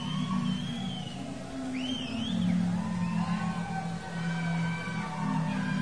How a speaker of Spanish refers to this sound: están los gritos de todas las histéricas. Escuchen. Disfruta el ambiente que está creando con esta introducción. Si es para disfrutar, crear un clima, esos gritos.